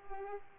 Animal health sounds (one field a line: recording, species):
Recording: mosquito wingbeat signal from an infrared sensor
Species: Culex pipiens